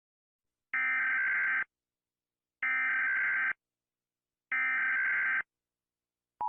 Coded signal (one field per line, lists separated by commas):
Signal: Emergency Alert System (SAME) tones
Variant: header bursts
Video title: Emergency Alert System - Zombie Virus Outbreak